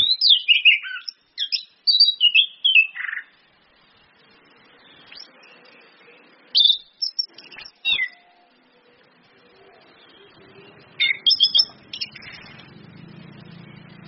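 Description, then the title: Orange-headed thrush song: clear, quick whistled phrases that sweep up and down, given in bursts separated by pauses of several seconds, with a faint low hum near the end. Indonesian bird-training (masteran) recording of ngeplong song mixed with female calls, made for training birds to sing. "PANCINGAN anis kembang ngeplong dan SUITAN BETINA"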